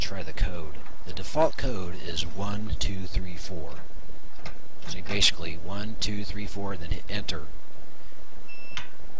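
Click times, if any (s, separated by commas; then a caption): 8.8 s. An electronic safe's lock is tested by keying in the default code 1234 and pressing enter while someone talks. At 8.8 s the bolt in the safe door releases with a tiny click, confirming the lock works.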